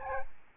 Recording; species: mosquito wingbeat signal from an infrared sensor; Aedes albopictus